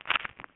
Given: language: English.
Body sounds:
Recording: throat vibration sensor signal played as sound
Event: swallow

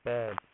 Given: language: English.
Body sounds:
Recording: throat vibration sensor signal played as sound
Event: speech

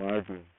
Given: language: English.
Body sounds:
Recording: throat vibration sensor signal played as sound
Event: speech

